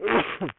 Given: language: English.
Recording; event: throat vibration sensor signal played as sound; cough